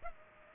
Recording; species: mosquito wingbeat signal from an infrared sensor; Culex pipiens